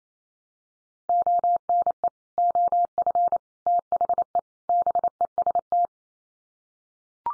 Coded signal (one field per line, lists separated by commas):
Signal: Morse code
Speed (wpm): 28 wpm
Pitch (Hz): 700 Hz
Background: none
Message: ONE OF THE BEST